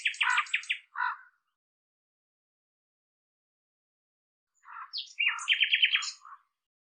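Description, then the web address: Common nightingale song in two short phrases of fast, buzzy repeated notes separated by a silent gap of several seconds. "cianscape birddata Deverinetal 2025"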